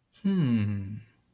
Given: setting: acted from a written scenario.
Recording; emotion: vocal sound without words; interest